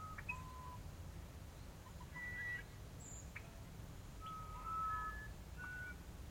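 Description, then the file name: Musician wren whistling a few sparse, pure notes separated by pauses, over a low background rumble. "uirapuru"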